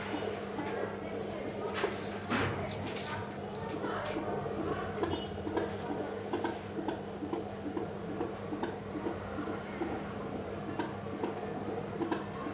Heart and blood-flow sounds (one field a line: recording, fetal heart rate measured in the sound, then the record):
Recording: fetal heartbeat by stethoscope microphone, probably a fetal Doppler's sound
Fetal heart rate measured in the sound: 135 bpm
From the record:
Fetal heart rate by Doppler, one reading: 141 bpm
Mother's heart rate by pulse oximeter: 72 bpm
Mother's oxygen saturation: 92%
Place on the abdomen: near top middle of abdomen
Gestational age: 38+ weeks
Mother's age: 22 years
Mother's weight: 47 kg